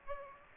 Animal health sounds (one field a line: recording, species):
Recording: mosquito wingbeat signal from an infrared sensor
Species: Aedes aegypti